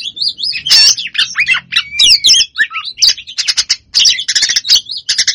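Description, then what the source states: Lovebird chattering song, squeaky rising and falling whistles mixed with harsh buzzy notes, tumbling quickly with barely any gaps. Long chattering song (ngekek panjang), used as a training master for other birds.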